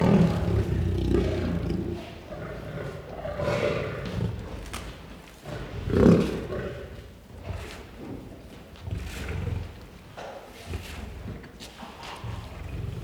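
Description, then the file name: Lion growling and roaring in low, rumbling bursts, with deep breathy pulses and louder peaks around the middle, mixed with low background rumble. "Het grommen en brullen van een leeuw - Beeld en Geluid"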